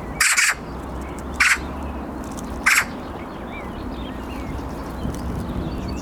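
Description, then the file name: Eurasian magpie giving three harsh, rasping chack calls spaced about a second apart, with faint chirps of other small birds and low steady background rumble. "Pica pica"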